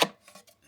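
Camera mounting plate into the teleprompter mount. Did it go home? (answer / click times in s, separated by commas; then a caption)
yes / 0.0 s. A camera and hood assembly on its mounting plate is pushed up onto a teleprompter mount and snaps into place, with a sharp click at 0.0 s. Fainter scraping and rubbing sounds follow, and the mount is seated.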